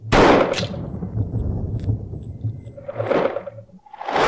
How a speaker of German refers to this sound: Opfer Nummer 9, Halid Yozgat, Besitzer eines Internetcafés in Kassel. am späten Nachmittag des 6. April 2006 in seinem Geschäft mit 2 Schüssen in den Kopf getötet.